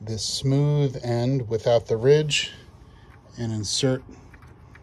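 Someone talks while the smooth end, without the ridge, of a latch handle's pin is set to go into the clamp latch body of a Bomon sliding side window on a Back Cove or Sabre boat. Two faint, brief ticks follow near 4.3 and 4.8 seconds after the talking stops. The pin is only being handled, and nothing has seated or snapped into place yet.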